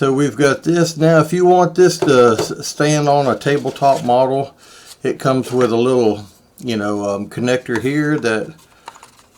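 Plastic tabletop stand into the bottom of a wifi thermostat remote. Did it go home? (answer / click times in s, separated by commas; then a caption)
yes / 8.9 s, 9.0 s. A small plastic tabletop stand connector is slid up into the bottom of a wifi thermostat remote while someone talks. Near the end it locks in place with a short ratchet-like click at 8.9 s and a second click at 9.0 s, and the stand is seated.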